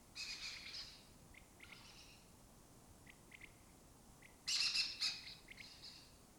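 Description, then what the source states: Lesser kestrel calls, a soft rasp, then faint short ticking notes, then a louder harsh double screech near the end. Colony of migratory lesser kestrels breeding in an abandoned building in Doñana, southern Europe; they forage in West Africa.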